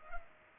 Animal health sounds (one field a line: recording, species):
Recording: mosquito wingbeat signal from an infrared sensor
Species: Culex pipiens